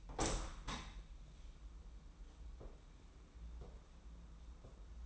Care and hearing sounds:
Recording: daily activity, microphone in the room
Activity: open window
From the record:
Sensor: 1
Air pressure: 994.3 hPa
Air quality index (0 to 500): 215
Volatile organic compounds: 1000 ppm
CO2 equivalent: 7750 ppm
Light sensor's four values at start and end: 75/166/75/79 and 75/165/74/79

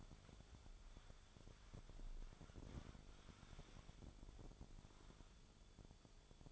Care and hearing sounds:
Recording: daily activity, microphone in the room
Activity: wipe stove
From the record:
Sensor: 5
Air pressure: 1015.2 hPa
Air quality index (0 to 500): 148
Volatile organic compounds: 4 ppm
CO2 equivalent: 1606 ppm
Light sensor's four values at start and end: 35/84/34/36 and 35/81/33/35

